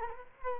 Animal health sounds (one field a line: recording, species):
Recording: mosquito wingbeat signal from an infrared sensor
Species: Culex quinquefasciatus